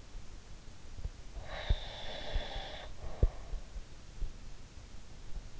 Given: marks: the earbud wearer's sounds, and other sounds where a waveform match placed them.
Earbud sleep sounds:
sounds in sleep by an in-ear microphone; breath
1.49-4.08 s: breath

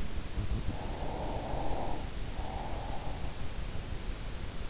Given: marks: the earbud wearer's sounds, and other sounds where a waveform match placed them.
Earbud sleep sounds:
sounds in sleep by an in-ear microphone; breath
0.44-3.84 s: breath

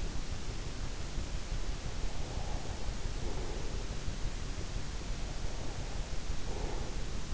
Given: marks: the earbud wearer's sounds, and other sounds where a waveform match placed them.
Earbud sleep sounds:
sounds in sleep by an in-ear microphone; breath
2.04-4.00 s: breath
5.43-7.09 s: breath

